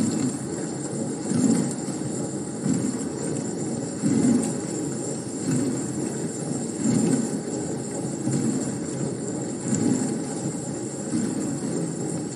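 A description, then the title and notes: A dishwasher churns steadily, a low watery rumble with soft rhythmic swells surging about every second and a half as the spray sweeps around. A faint hiss and a thin high whine sit constantly above it, unchanging throughout. ASMR Dishwasher Churning.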